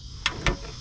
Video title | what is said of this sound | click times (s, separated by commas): How to Change your Engine oil - All Makes (For Beginners) | See, did y'all hear that click right there? | 0.3 s, 0.5 s